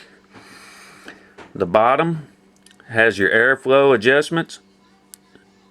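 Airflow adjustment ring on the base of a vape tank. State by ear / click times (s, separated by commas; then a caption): seated / 5.1 s. The airflow adjustment ring on the base of an Aspire Nautilus vape tank (original 2014 release version, 5 ml capacity) is turned while someone talks over a faint background hum. A sharp click at 5.1 s marks the ring seating into its detent, locked in place.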